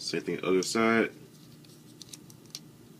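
Someone talks briefly, then the thigh piece on the other leg of a plastic Transformers Prime Beast Hunters Smokescreen transforming action figure is rotated to the front and pegged into the leg, with several small plastic handling ticks. A sharp click at 2.6 s marks the thigh joint seating in place.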